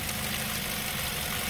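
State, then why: Not seated. A plastic coolant reservoir cap is being twisted on the coolant expansion tank of a used 2010 Ford Focus, over a steady, even engine idle hum with no sharp sounds. The cap is turned until it should click home, since overtightening can damage the valve gasket. The clip ends before that point, so nothing has seated or clicked yet.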